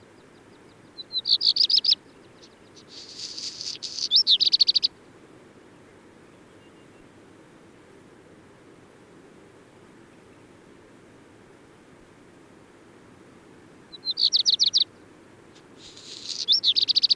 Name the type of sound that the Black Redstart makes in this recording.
song